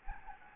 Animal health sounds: mosquito wingbeat signal from an infrared sensor; Anopheles gambiae

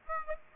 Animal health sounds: mosquito wingbeat signal from an infrared sensor; Aedes aegypti

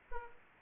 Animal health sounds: mosquito wingbeat signal from an infrared sensor; Aedes aegypti

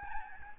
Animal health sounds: mosquito wingbeat signal from an infrared sensor; Aedes albopictus

